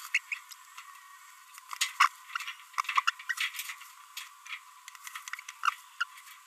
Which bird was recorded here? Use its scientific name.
Forpus passerinus